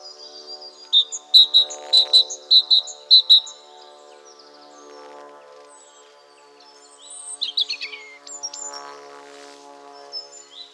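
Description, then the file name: Great tit calls: a quick series of sharp, high notes, then a pause and a short, rougher burst of notes, with a faint low hum beneath. "Parus major"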